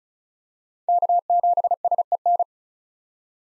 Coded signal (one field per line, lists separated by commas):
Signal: Morse code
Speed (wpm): 34 wpm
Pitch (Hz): 700 Hz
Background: none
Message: K7SEN